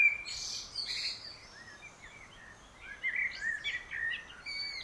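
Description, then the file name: Common blackbird giving scratchy, chattering call notes at the start, a softer middle stretch, then another run of harsh notes. "Turdus merula"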